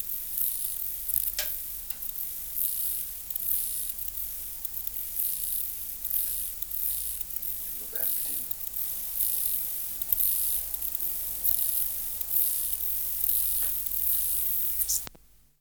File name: Chorthippus oschei